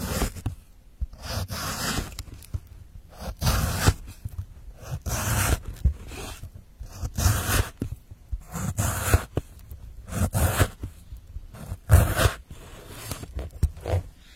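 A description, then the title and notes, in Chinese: Vegetables are chopped in quick, uneven bursts of crisp, scraping cuts, with short pauses between strokes over a low rumble. 切菜的声音。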